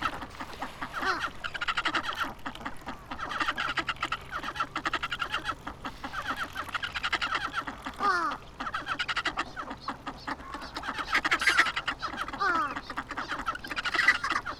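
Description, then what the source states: Ducks calling in a dense flock, a constant overlapping chatter of nasal quacks and short calls, with a few brief descending whistles breaking through. Ducks recorded on the Abukuma River, 29 November 2025.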